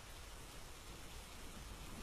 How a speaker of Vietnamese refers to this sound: Tiếng gió rít, tiếng những hạt mưa lộp bộp rơi trên mái tôn, tiếng sấm chớp ì ùm làm cho khung cảnh nơi đây trở nên ma quái và ảm đạm.